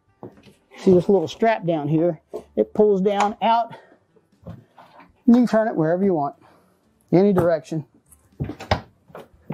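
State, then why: Not seated. A swivel TV mount arm is pulled out by its strap and turned toward its stowed position against the wall while someone talks, with a few short handling knocks around 4.5, 4.8 and 8.7 seconds. The clip ends before the mount is pushed back, so nothing has seated or latched yet.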